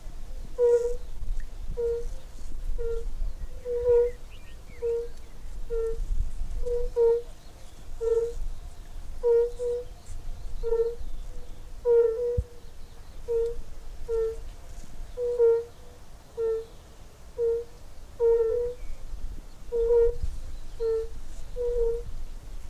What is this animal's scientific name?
Bombina bombina